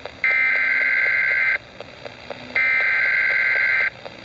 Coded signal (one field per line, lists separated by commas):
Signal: Emergency Alert System (SAME) tones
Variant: header bursts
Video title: Real AM/FM EAS Alert #5